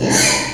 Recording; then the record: squeal of a Yucatan mini pig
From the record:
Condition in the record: before surgery on the right vocal fold (resection and tissue-engineered implant); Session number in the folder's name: 2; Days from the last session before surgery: 0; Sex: male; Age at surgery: 12 weeks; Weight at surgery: 13 kg